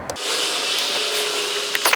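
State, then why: Not seated. Green and blue plastic wire connectors from a Tacoma tailgate lock harness are handled as they are joined to their matching-color connectors. A steady rubbing, handling noise runs throughout, with a few brief sharp taps near the end at 1.8, 1.9 and 2.0 seconds. Nothing has clicked or seated yet.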